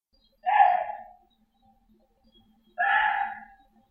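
Korean deer calling: two hoarse, drawn-out cries, each under a second long and fading at the end, with silence between them.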